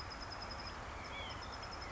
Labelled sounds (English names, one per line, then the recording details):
White-breasted Nuthatch
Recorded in Sonoma County, California